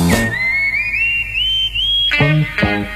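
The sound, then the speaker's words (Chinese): A person whistles one long, clear, high note that glides slowly upward for about two seconds, then gives way to a couple of short, buzzy, lower-pitched musical bursts. “我爱切口哨，骑着单车快跑，多么轻快美妙。”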